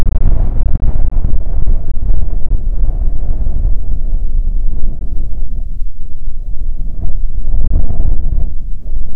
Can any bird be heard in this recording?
no